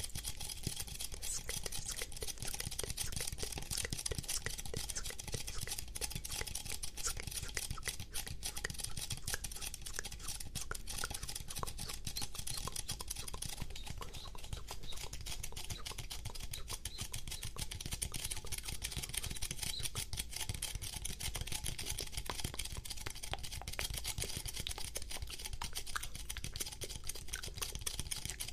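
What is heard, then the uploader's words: Fast, aggressive mouth sounds and sticky tapping form a dense, unbroken stream of rapid clicks and crackles at a steady level throughout. Fast and Aggressive Mouth Sounds and STICKY TAPPING.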